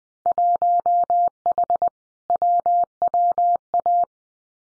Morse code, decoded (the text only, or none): 1H WWA